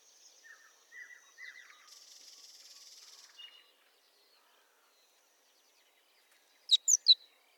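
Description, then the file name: Great tit calls: soft, faint twittering and a brief hiss early on, then three loud, sharp, high notes in quick succession at the end. "Parus major"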